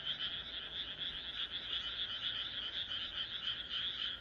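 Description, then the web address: Frog chorus of quick, raspy pulsed croaks running together continuously across the whole short stretch. "kaeru kaeru"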